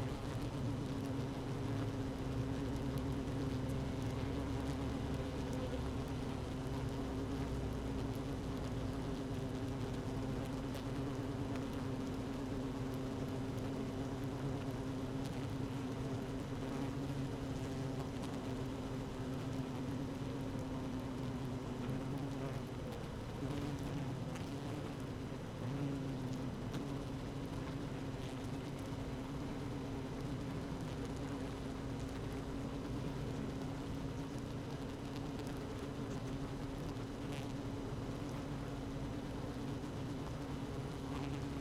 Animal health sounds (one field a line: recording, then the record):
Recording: honeybee colony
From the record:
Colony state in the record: active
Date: 12 June 2018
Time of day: 15:17